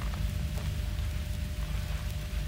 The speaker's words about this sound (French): Il pleut à torrents.